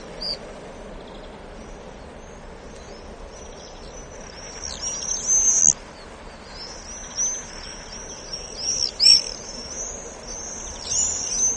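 Common swifts giving shrill, high screaming calls in bursts, louder around the middle and again near the end, over a low background rumble.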